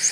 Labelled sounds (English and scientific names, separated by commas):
Kentucky Warbler (Geothlypis formosa) flight call